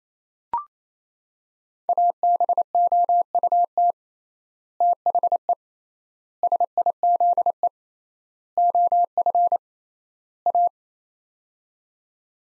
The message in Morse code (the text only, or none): ABOUT THE SIZE OF A